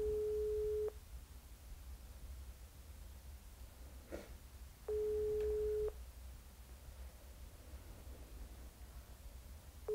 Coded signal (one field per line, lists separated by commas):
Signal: telephone call progress tone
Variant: Europe, 425 Hz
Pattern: ringback tone